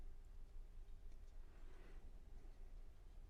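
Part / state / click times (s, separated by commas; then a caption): crimped terminal into fuel injector connector plastic shell / not seated / none. A crimped metal terminal on a fuel injector harness wire for a Jaguar 5.3L V-12 is being slid into the back of a plastic connector shell and pushed forward by hand. Only a steady low rumble, a faint hum and soft handling noise are heard, with a brief brighter rustle around 1.5 to 2.0 s. Nothing has seated or clicked yet.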